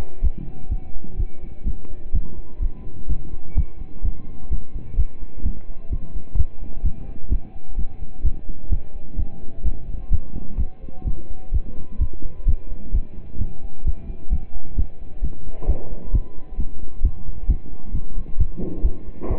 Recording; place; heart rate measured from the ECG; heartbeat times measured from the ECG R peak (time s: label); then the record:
heart sounds by stethoscope; between the tricuspid and mitral areas; 129 bpm
0.23 s: heartbeat
0.71 s: heartbeat
1.19 s: heartbeat
1.66 s: heartbeat
2.14 s: heartbeat
2.62 s: heartbeat
3.09 s: heartbeat
3.57 s: heartbeat
4.04 s: heartbeat
4.51 s: heartbeat
4.98 s: heartbeat
5.45 s: heartbeat
5.92 s: heartbeat
6.38 s: heartbeat
6.84 s: heartbeat
7.31 s: heartbeat
7.78 s: heartbeat
8.24 s: heartbeat
8.71 s: heartbeat
9.18 s: heartbeat
9.65 s: heartbeat
10.12 s: heartbeat
10.59 s: heartbeat
11.06 s: heartbeat
11.53 s: heartbeat
12.00 s: heartbeat
12.47 s: heartbeat
12.94 s: heartbeat
13.40 s: heartbeat
13.86 s: heartbeat
14.32 s: heartbeat
14.78 s: heartbeat
15.23 s: heartbeat
15.68 s: heartbeat
16.14 s: heartbeat
16.59 s: heartbeat
17.04 s: heartbeat
17.49 s: heartbeat
17.94 s: heartbeat
18.39 s: heartbeat
18.84 s: heartbeat
19.30 s: heartbeat
From the record:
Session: pedaling a stationary bicycle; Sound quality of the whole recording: partially saturated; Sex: male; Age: 27 years